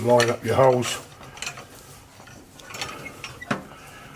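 A plastic connector cap is handled over a UV lamp in a steriliser housing after its holes are lined up, ready to be pushed down onto the lamp. Someone talks at the start, then a few short sharp handling knocks follow near 1.4, 2.8 and 3.2–3.5 seconds. Nothing has seated or clicked yet.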